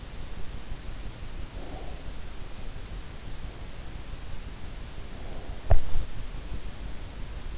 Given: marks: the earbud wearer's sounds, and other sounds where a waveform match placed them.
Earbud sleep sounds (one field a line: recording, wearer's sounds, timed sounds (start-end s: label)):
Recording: sounds in sleep by an in-ear microphone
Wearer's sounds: breath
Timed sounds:
1.41-2.23 s: breath